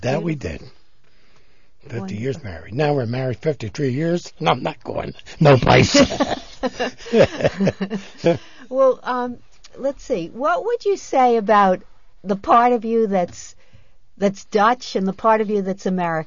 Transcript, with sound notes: So that we did. Fifty years married. Now we're married fifty-three years and I'm not going no place. (they laugh)
Well let's see. What would say about the part of you that's Dutch and the part of you that's American?